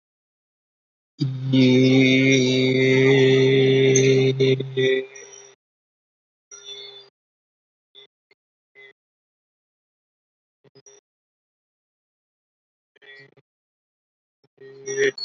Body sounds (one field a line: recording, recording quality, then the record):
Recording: sustained vowel as in beet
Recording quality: excellent, no background noise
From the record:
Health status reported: healthy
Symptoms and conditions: cough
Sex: male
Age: 26 years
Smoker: not ticked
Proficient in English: yes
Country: India